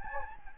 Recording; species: mosquito wingbeat signal from an infrared sensor; Anopheles gambiae